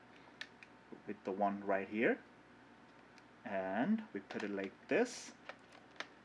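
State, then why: Seated. Someone talks while an interchangeable lens, its white dot lined up with the dot on the camera body's bayonet mount, is set in and twisted, with a few faint taps along the way. A sharp click at 6.0 s marks the lens locking, and it is seated in the mount.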